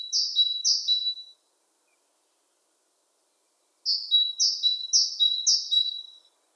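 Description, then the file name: Great tit with its repeated two-note song, a high note then a lower one, two phrases, then silence, then a bout of four more. "Parus major"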